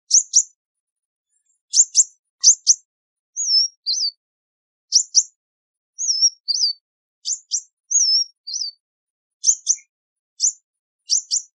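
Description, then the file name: Sunbird giving many paired, sharp high chips with occasional looping whistled notes between them, steady and clear with no background noise. "Tieng chim hut mat"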